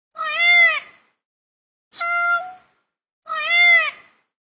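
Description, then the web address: Indian peafowl giving loud wailing cries: three nasal, ringing calls, each under a second and arching slightly in pitch, with silence between. Recorded at Tiruvannamalai. "Pavo real. tiruvannamalai"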